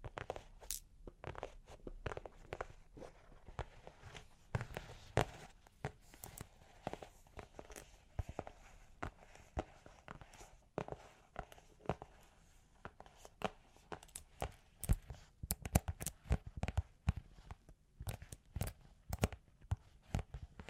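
Long claws tap and scratch in quick, irregular clusters, each click sharp and bright from low to high. The tapping runs nearly continuously for the whole stretch, with brief pauses around the eleventh and eighteenth seconds, and a few louder strikes standing out.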